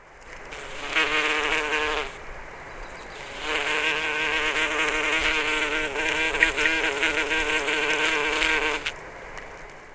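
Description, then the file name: Bumblebee buzzing in a droning, harmonic hum that starts, pauses briefly around two seconds, then resumes steadily before stopping near the end. "Bombus buzz"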